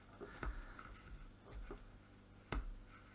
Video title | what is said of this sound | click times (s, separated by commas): Faulty Milwaukee Hole Hawg Drill - Let's FIX it! | there just did it there you just heard a little click | 2.5 s